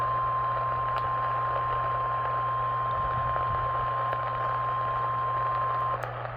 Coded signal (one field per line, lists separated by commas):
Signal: Emergency Alert System (SAME) tones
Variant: 1050 Hz attention tone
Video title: eas svr Eas#341